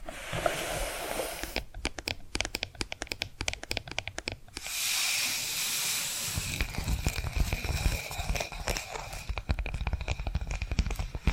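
Quick tapping and scratching sounds, with a rapid run of sharp, regular taps from about two to four and a half seconds. A steady hissing rush follows for a couple of seconds, then dense, uneven scratching and tapping continue to the end.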